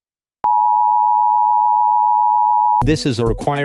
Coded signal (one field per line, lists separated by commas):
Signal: Emergency Alert System (SAME) tones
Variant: 853 and 960 Hz attention tone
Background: speech